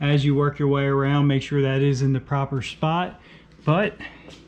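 A fender flare is being worked around and pushed onto the body of a 2024 Denali HD Ultimate truck, with its plastic snap clips lined up for the truck body. A man talks throughout, and no clicks are heard. Nothing has seated or clicked yet.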